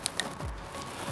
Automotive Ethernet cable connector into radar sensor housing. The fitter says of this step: And we're just going to take this connector and we're going to push it in fully until it clicks.